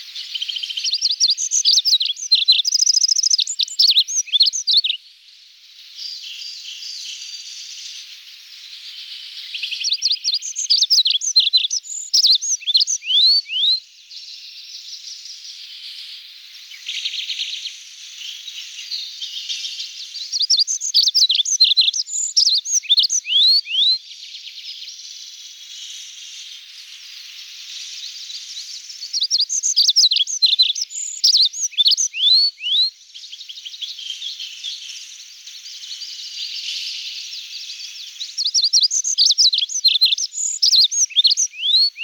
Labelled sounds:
Olive-backed Pipit song

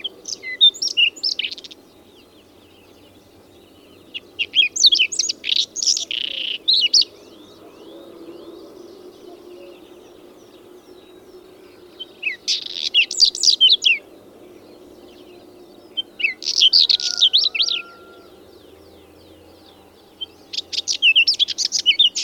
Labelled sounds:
Whinchat song

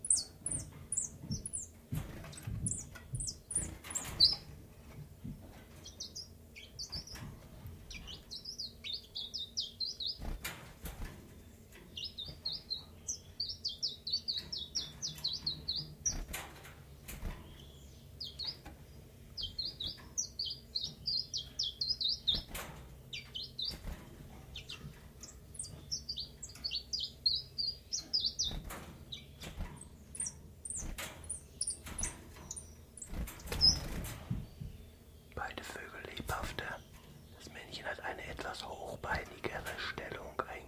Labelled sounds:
Common Chiffchaff

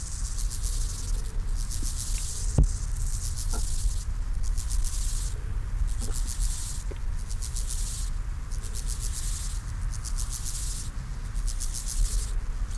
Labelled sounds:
Steppe Grasshopper stridulation

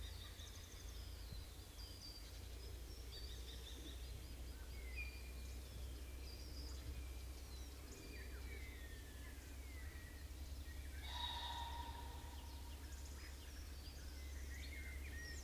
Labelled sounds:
European Green Woodpecker

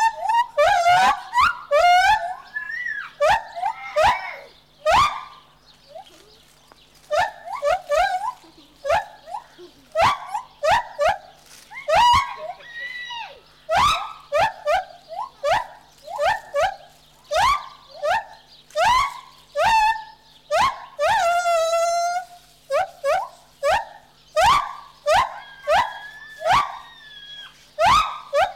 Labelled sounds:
Lar Gibbon

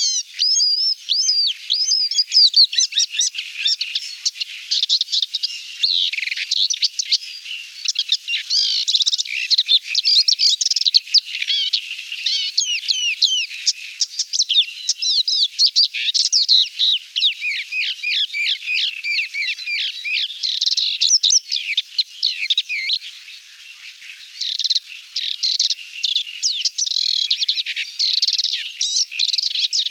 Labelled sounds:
Paddyfield Warbler song

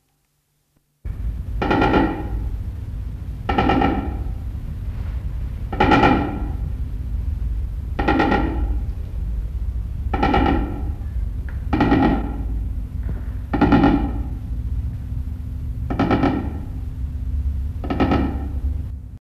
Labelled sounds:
Secretarybird call

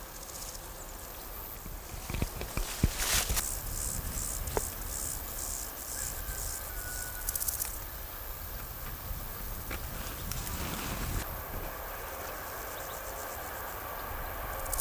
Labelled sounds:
Large Gold Grasshopper stridulation

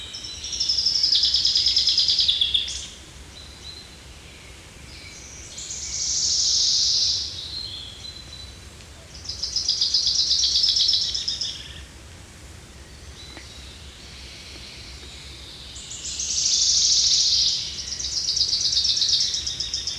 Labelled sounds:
Common Chaffinch song

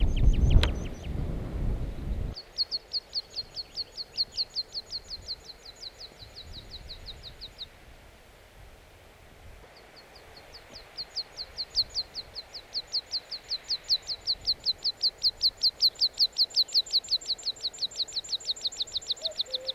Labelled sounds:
Meadow Pipit

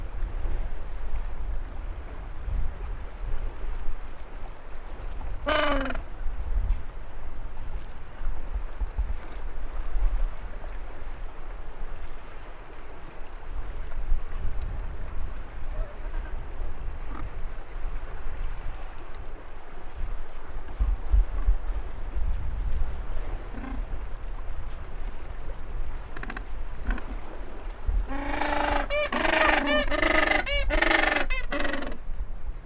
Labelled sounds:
Gentoo Penguin call

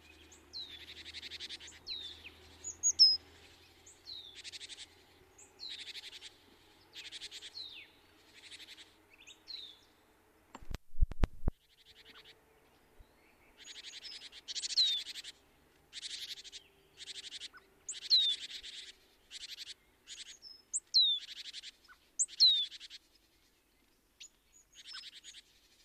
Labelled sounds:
Great Tit song

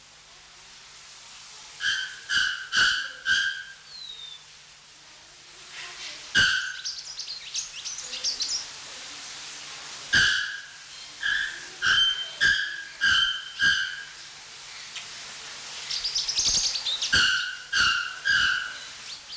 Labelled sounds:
Bare-throated Bellbird

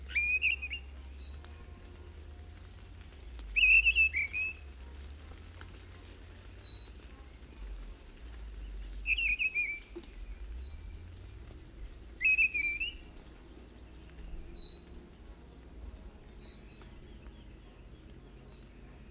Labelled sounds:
Mistle Thrush song

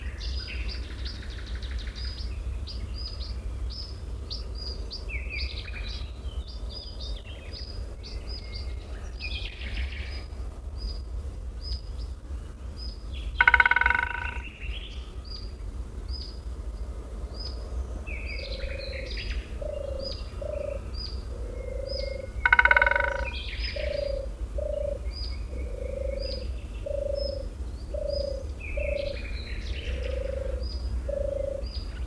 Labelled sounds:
Syrian Woodpecker drumming

